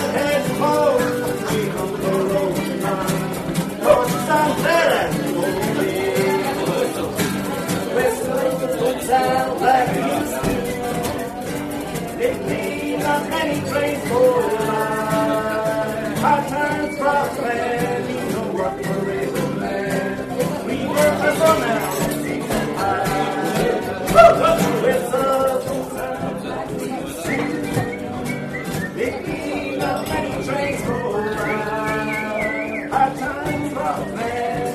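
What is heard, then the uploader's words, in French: A lively bar fills with overlapping voices and chatter, steady and dense throughout, with no quiet gaps. Louder voices rise briefly above the murmur now and then, a sharp peak near twenty-four seconds, and the room sounds busy. Kerry's bar a théme une chouette ambiance dans ce bar !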